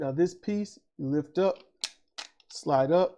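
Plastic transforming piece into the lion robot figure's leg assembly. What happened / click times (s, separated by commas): Plastic piece handled, not yet clicked into place / none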